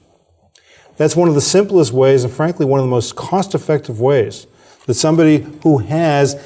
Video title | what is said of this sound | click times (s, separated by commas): What Dental Implants Are & How They Work - Focus On Seniors | the way we would be and you can see it snap in place | 0.6 s